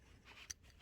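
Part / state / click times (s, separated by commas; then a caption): window switch circuit board into switch housing / seated / 0.5 s. A VW Golf Mk6 window switch circuit board is slotted back into its plastic housing, guided by a locating pin. A single sharp click is heard at 0.5 s over quiet rubbing and handling noise. The board clicks into place and is seated.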